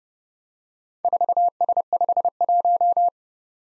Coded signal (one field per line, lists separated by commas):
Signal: Morse code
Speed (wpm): 30 wpm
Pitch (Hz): 700 Hz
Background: none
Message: 4S51